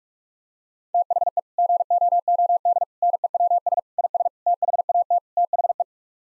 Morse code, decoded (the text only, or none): THE GOOD NEWS IS THAT THE